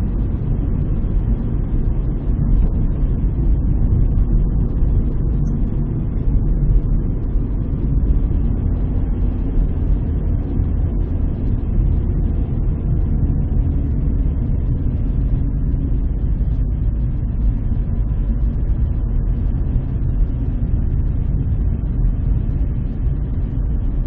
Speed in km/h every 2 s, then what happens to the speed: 45, 44, 44, 40, 37, 35, 30, 25, 25, 28, 28, 27.
0-5 steady at about 44. 5-14 slows to 25. 14-24 steady at about 27.